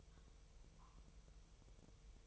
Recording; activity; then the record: daily activity, microphone in the room; take from stove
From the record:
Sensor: 1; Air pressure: 999.4 hPa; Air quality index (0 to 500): 199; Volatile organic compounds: 40 ppm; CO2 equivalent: 3154 ppm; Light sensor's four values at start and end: 9/22/8/9 and 9/22/8/9